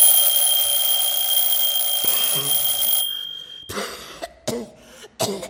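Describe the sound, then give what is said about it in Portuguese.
In a radio performance of Samuel Beckett's play Endgame, Clove rings an alarm clock to wake Neg: it rings loudly for about three seconds, a harsh, steady metallic jangle that cuts off abruptly, followed by three short cough-like bursts. “Acorda Neg, fazendo tocar o despertador.”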